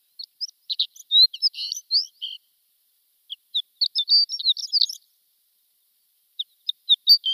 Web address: Schulze Peter Shore Lark song